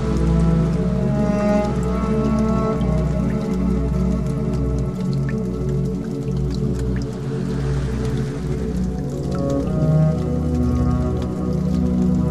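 Water drops fall with a low, steady rumble beneath, while small crackling ticks and pops scatter throughout, loud and close the whole time.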